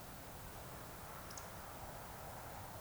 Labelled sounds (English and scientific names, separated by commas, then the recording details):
Eurasian Woodcock (Scolopax rusticola) whistle
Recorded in Baden-Württemberg, Germany, on 26 June 2021 at 20:16 UTC
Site 45499, 200 m above sea level